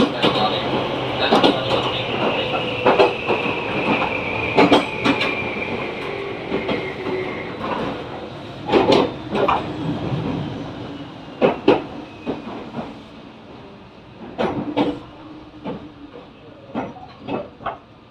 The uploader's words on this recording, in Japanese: 鉄道走行音 名鉄5000系 車内 可児川→西可児。なんとなく撮った動画から、音声だけ切り出したものを上げました。